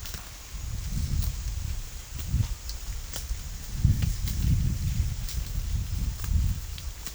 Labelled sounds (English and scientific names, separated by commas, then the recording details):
none
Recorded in pastures near Puerto Asís, Putumayo, Colombia, on 9 March 2025 at 14:00
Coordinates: 0.497, -76.327
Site G072